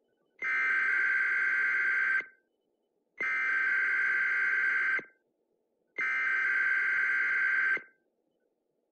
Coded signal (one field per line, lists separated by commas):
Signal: Emergency Alert System (SAME) tones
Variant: header bursts